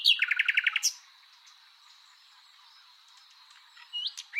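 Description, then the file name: Common nightingale song: a fast burst of about eight repeated chirps ending in a sharp loud note, then near-silence, then a couple of whistled notes. "Luscinia megarhynchos"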